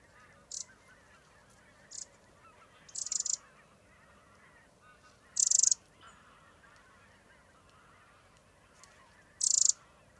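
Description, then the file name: Eurasian wren calls: short, high, dry rattling bursts repeated at irregular intervals, some louder than others, over faint background birdsong. "Troglodytes troglodytes"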